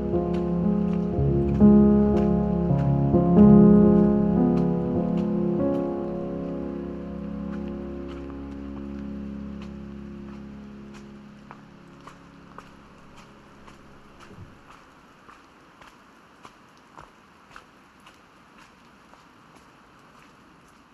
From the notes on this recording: hike out to Cascade Head on the Oregon Coast on a rainy early Spring morning